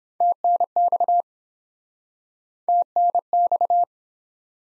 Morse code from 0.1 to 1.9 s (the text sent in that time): TNX